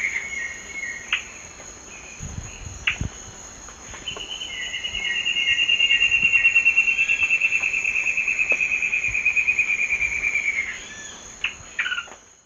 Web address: Natures Songs S America Eastern Lowlands. Myrmoborus leucophrys, song